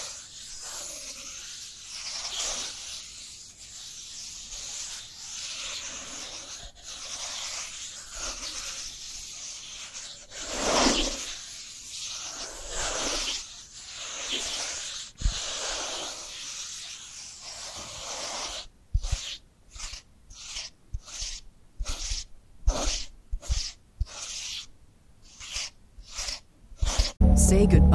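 Dry hands rub and brush against each other in a soft, hissy, papery texture, with gentle swells and a stronger sweep near eleven seconds. After about nineteen seconds the sound turns choppy: short separate rubs with silent gaps, ending on a louder scrape.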